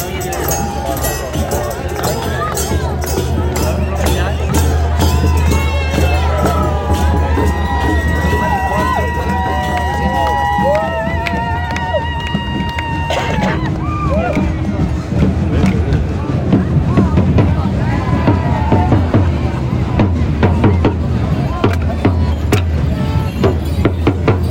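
A street procession in full swing, with a lively crowd talking and calling out, sustained pipe or whistle tones, and constant low rumble beneath.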